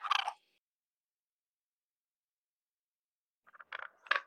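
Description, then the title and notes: Common raven non-vocal sounds: a short burst of dry clicks at the start, then silence, then a cluster of several knocking clicks near the end. Non-vocal mechanical sounds: tongue clicking, bill snaps and whistling; Pacific Northwest, Washington, United States. "Common Raven Mechanical Collection. Common Raven, Corvus corax, collection of non-vocal "mechanical" or primarily non-vocal sounds, clicking tongues, bill snaps, whistling, etc, isolated Recorded in the beautiful Pacific Northwest, Washington, United States"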